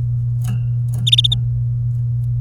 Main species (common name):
Domestic Canary